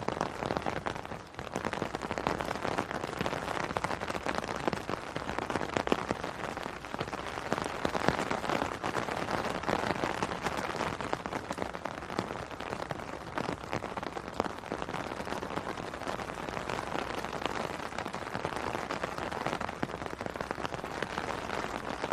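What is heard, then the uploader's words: Rain falls steadily and heavily, a dense hiss packed with countless drops tapping on a hard surface. The sound stays even throughout, with only a brief dip in loudness just after the start before the downpour continues unchanged. Soothing Rain Sounds.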